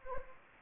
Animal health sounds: mosquito wingbeat signal from an infrared sensor; Anopheles gambiae

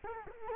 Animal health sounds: mosquito wingbeat signal from an infrared sensor; Culex quinquefasciatus

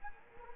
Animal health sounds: mosquito wingbeat signal from an infrared sensor; Anopheles gambiae

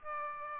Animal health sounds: mosquito wingbeat signal from an infrared sensor; Aedes aegypti

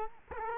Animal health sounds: mosquito wingbeat signal from an infrared sensor; Culex quinquefasciatus

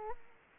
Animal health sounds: mosquito wingbeat signal from an infrared sensor; Aedes aegypti

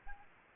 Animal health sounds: mosquito wingbeat signal from an infrared sensor; Anopheles gambiae

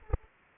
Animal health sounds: mosquito wingbeat signal from an infrared sensor; Anopheles arabiensis

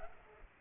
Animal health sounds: mosquito wingbeat signal from an infrared sensor; Culex pipiens

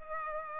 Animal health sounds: mosquito wingbeat signal from an infrared sensor; Culex pipiens

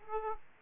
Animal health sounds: mosquito wingbeat signal from an infrared sensor; Aedes aegypti

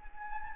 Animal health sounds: mosquito wingbeat signal from an infrared sensor; Anopheles gambiae

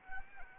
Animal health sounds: mosquito wingbeat signal from an infrared sensor; Anopheles arabiensis

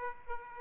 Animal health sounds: mosquito wingbeat signal from an infrared sensor; Aedes aegypti

